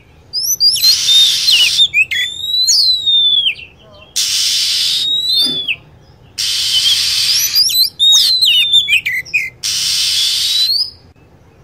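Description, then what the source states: Lovebird calls: sweeping whistled notes, broken by harsh screeching bursts that return several times. Lure sound for attracting lovebirds.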